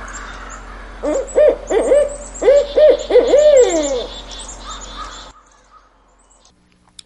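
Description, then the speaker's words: Barred owl hooting in a quick patterned series with a long falling final note, then the sound cuts to near silence. Call likened to "who cooks for you"; heard in the evening. "But here's the who cooks for you sound of the barred owl."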